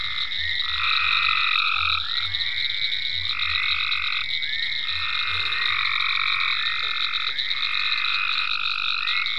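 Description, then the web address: Frog chorus of overlapping sustained trills that start and stop in turn, over a soft pulsing low croaking underneath. Frogs in ponds at Venaura farm, recorded 27 May 2010. "ecolandtech venaurafarm frogs-in-ponds 5-27-010-Frogs"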